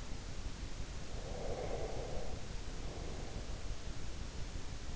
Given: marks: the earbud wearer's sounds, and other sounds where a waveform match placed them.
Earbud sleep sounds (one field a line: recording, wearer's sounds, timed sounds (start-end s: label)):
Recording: sounds in sleep by an in-ear microphone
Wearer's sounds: breath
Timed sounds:
1.13-3.70 s: breath